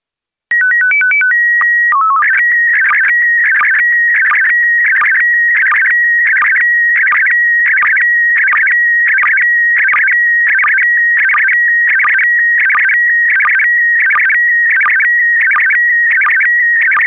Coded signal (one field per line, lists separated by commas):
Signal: SSTV (slow-scan television)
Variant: PD 90